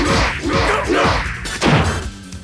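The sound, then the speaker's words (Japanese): A rapid series of about four heavy punches in a JoJo's Bizarre Adventure drama CD, landing roughly half a second apart, each a loud thwack with a swishing sweep, the last hit the strongest before the sound trails off. “いいパンチだ。”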